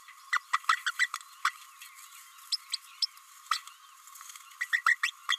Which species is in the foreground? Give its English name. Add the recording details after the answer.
Green-rumped Parrotlet. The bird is a female. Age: 29 days. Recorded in a nest box in Venezuela. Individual 17B32A5